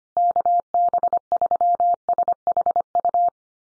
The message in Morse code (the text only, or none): KB3SHU